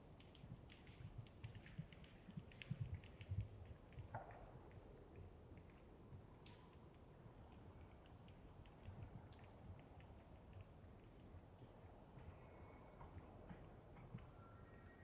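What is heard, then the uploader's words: Distant antler clashing comes through as scattered dry clicks and knocks, busiest early on, over a steady low outdoor rumble. It was rutting season in the Colockum Wildlife area. Down-mixed to stereo (from double-m/s).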